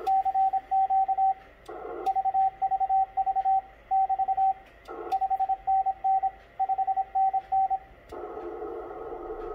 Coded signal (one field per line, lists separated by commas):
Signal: Morse code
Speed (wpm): 26 wpm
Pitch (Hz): 770 Hz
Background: radio noise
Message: CQ VVV <BT> 5NN 5NN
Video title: ICOM 7300 CI-V Voice/CW Memory keyer